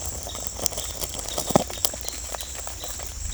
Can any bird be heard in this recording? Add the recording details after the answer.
no. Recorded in secondary vegetation near Puerto Asís, Putumayo, Colombia, on 16 December 2024 at 17:30. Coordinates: 0.481, -76.318. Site G042